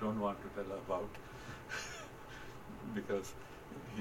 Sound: laughter